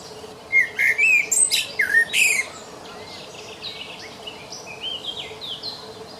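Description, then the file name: Common blackbird singing one phrase of rich whistled notes ending in a scratchy high twitter, then faint higher chirps in a quiet background. "Turdus merula"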